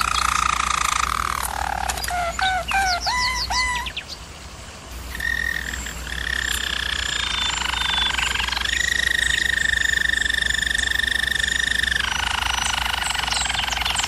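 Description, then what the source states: German Roller canary singing soft rolled phrases and short bell-like notes, then long steady trills that shift pitch every few seconds. German Roller canary singing, from a canary training video.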